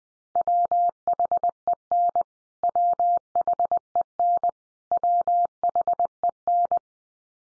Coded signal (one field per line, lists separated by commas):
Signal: Morse code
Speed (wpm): 20 wpm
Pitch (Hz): 700 Hz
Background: none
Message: WHEN WHEN WHEN